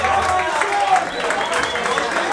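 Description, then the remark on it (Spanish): An audience at La Casona applauding: a dense, steady wash of many hands clapping at an even loudness, with crowd voices and cheers mixed into the noise. “Un aplauso para Javier Stiglitz.”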